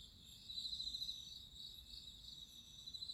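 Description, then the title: Cricket trill, a quick run of high rapid pulses rising above a steady shrill background chorus. Crickets singing at midnight. "Listen to nature crickets singing at midnight"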